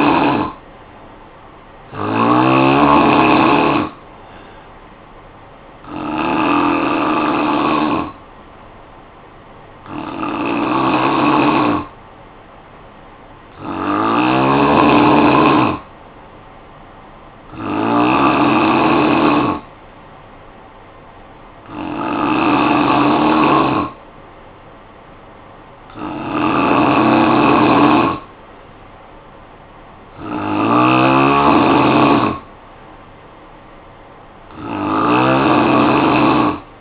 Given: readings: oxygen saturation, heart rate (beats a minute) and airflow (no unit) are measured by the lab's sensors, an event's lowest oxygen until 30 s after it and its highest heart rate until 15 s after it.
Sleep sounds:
breathing in sleep by a voice recorder at the bedside; none
none scored
From the record:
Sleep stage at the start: N3 (deep sleep); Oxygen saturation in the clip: 85 to 90%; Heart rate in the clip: 54 to 62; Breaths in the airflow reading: 9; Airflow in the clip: -7.7 to 4.1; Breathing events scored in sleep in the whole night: 445 in 7.6 hours asleep

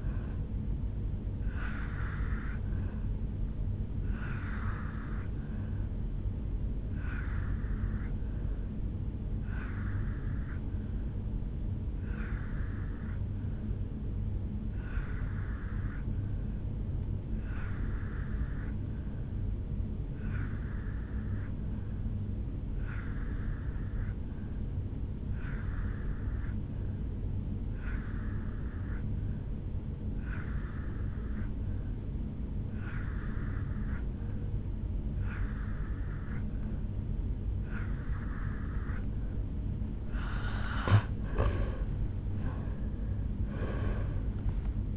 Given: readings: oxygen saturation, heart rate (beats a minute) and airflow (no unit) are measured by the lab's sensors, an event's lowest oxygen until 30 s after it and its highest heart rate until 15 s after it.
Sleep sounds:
breathing in sleep by a smartphone at the bedside; 1
8.00-39.30 s: hypopnea (N3, oxygen 88% highest, then 83% lowest, heart rate 72 at the start, 77 highest)
25.00-44.96 s: new sleep stage, N2 (light sleep)
From the record:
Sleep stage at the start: N3 (deep sleep); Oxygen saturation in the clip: 83 to 88%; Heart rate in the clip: 69 to 76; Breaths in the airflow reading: 16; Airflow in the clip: -9.7 to 6.2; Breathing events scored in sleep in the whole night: 449 in 7.0 hours asleep

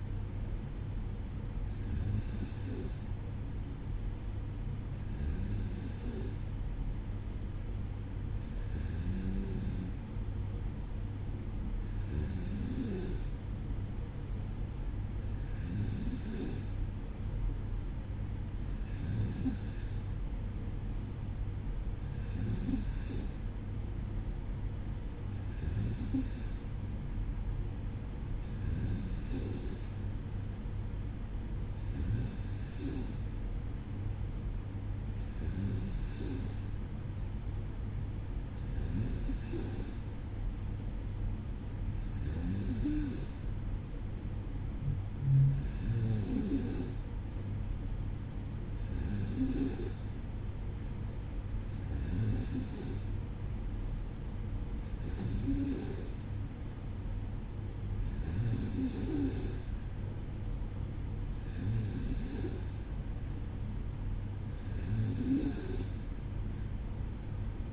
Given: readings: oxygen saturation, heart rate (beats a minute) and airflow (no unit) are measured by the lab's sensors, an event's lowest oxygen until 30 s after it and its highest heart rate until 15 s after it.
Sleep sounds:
breathing in sleep by a smartphone at the bedside; none
none scored
From the record:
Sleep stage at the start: N2 (light sleep); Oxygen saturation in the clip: 93 to 94%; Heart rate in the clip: 55 to 58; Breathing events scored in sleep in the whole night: 305 in 9.6 hours asleep

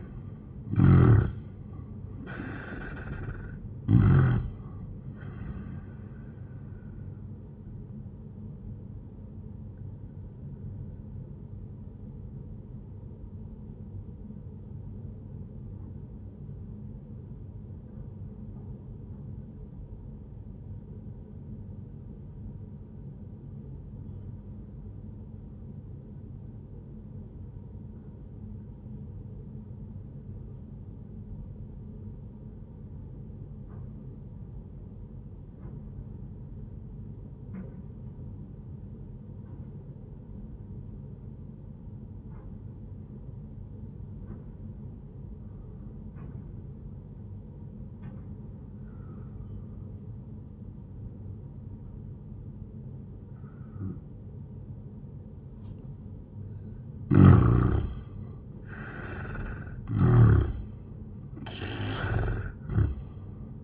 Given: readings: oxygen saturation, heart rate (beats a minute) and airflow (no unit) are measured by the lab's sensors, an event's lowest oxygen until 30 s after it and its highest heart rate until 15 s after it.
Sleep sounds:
breathing in sleep by a smartphone at the bedside; 1
7.00-37.00 s: new sleep stage, N1 (lightest sleep)
15.00-57.40 s: obstructive apnea (N1, oxygen 97% highest, then 82% lowest, heart rate 67 at the start, 86 highest)
37.00-63.64 s: new sleep stage, N2 (light sleep)
From the record:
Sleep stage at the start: N2 (light sleep); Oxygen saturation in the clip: 84 to 97%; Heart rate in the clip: 64 to 88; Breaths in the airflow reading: 5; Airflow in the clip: -9.2 to 14.3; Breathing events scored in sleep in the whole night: 131 in 7.2 hours asleep

